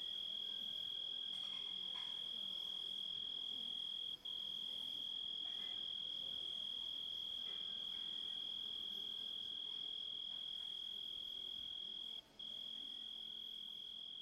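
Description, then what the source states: Grasshopper trill holding one high note continuously, pausing briefly twice, with faint scratchy sounds in the background. Composite of several sounds.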